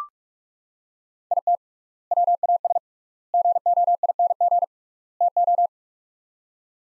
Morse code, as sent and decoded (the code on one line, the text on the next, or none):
.. - / .-- .- ... / --. --- .. -. --. / - ---
IT WAS GOING TO